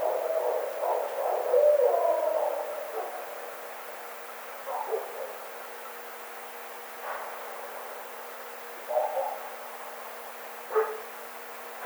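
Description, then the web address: Barred owl hooting, a rapid wavering run of low hoots for about three seconds, then a few spaced single hoots over quiet background hiss. Recorded 9 April 2009. "Barred Owl 2009 04 09 Barred Owl"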